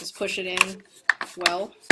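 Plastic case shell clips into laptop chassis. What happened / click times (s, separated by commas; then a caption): Handled, not yet home: plastic case shell being pressed on / none. Someone talks while the plastic bottom or top shell of a Samsung Chromebook 3 XE500C13-K02US is handled and pushed toward the laptop chassis so its clips can snap into place, with a few short, sharp handling taps between the words. The clip ends before the shell goes home, so nothing has seated or clicked yet.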